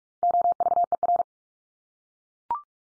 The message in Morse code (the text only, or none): OVER